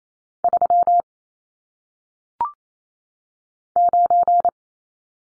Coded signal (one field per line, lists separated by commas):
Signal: Morse code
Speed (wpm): 28 wpm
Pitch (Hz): 700 Hz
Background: none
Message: 3 9